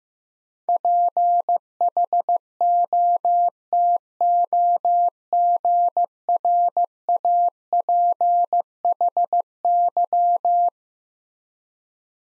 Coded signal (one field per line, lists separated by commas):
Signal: Morse code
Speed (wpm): 15 wpm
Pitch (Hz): 700 Hz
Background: none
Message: PHOTOGRAPHY